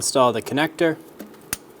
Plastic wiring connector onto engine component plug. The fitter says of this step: push until you hear a click if you don't hear a click give it a pull make sure it's locked on